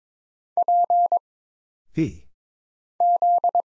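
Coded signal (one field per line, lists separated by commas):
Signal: Morse code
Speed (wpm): 22 wpm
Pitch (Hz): 700 Hz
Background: none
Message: P Z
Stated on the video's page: Morse practice at 22 wpm of single letters, numbers, punctuation and prosigns with short timing for instant character recognition.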